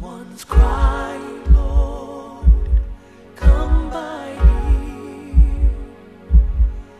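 A steady, deep lub-dub adult heartbeat repeats at about 62 beats a minute, seven beats in all, with an even rhythm. A soft, wavering tonal hum runs underneath, as a soothing sleep aid for babies.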